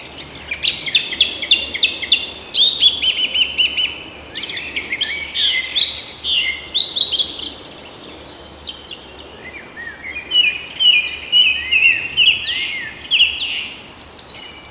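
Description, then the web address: Song thrush song with varied whistled and chirping phrases, some repeated in quick succession, changing pattern every few seconds over a quiet background hiss. "oeko hecke vogel sounds turdus philomelos"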